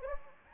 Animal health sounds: mosquito wingbeat signal from an infrared sensor; Anopheles gambiae

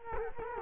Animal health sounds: mosquito wingbeat signal from an infrared sensor; Culex quinquefasciatus

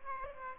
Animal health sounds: mosquito wingbeat signal from an infrared sensor; Aedes aegypti

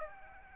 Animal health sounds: mosquito wingbeat signal from an infrared sensor; Aedes aegypti

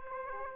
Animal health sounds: mosquito wingbeat signal from an infrared sensor; Aedes aegypti

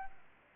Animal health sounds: mosquito wingbeat signal from an infrared sensor; Aedes albopictus

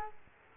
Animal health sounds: mosquito wingbeat signal from an infrared sensor; Culex quinquefasciatus

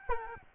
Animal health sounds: mosquito wingbeat signal from an infrared sensor; Aedes albopictus

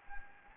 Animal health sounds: mosquito wingbeat signal from an infrared sensor; Anopheles gambiae

